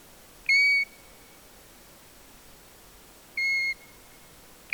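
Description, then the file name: European golden plover: two plaintive whistles roughly three seconds apart and the start of a third, each note clear and steady, over faint hiss. "ljungpipare Pluvialis apricaria"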